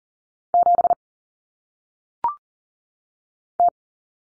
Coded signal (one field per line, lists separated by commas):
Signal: Morse code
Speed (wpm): 40 wpm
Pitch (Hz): 700 Hz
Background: none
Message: 7 T